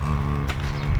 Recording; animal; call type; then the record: contact call of a hoofed animal; cattle; low-frequency (closed-mouth) or high-frequency (open-mouth) call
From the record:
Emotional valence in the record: negative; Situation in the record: full separation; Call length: 1.01 s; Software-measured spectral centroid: 2010 Hz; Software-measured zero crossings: 1020 a second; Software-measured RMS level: -24 dBFS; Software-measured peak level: -10 dBFS